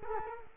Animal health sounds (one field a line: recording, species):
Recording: mosquito wingbeat signal from an infrared sensor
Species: Culex quinquefasciatus